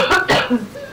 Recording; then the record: coughing mixed with background sound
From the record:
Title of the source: Barking cough - # 10